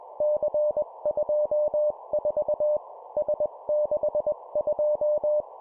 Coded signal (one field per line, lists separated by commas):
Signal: Morse code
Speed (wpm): 21 wpm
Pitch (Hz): 600 Hz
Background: none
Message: C24 S62